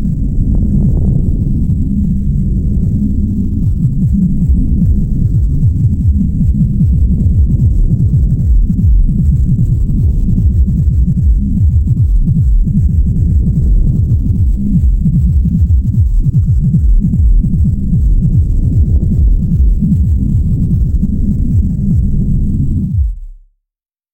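A steady, muffled low whooshing fetal heartbeat at about three months of pregnancy pulses at roughly 150 beats a minute under a continuous rumbling background.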